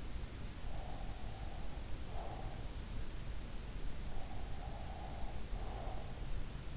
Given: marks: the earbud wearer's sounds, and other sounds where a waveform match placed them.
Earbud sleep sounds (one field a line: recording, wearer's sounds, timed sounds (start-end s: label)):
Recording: sounds in sleep by an in-ear microphone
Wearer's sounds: breath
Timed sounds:
0.35-3.31 s: breath
3.95-6.44 s: breath